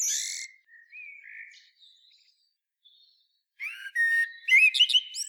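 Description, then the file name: Common blackbird song: a loud opening note, soft low fluted warbles, a pause, then a burst of high squeaky twittering notes to finish. "Turdus merula"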